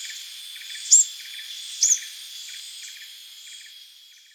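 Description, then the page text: Plain sunbird calls: two sharp, very high thin notes about a second apart, over a steady insect drone and pulsed cricket chirping. "Plain Sunbird Calls. Quick Sounds library"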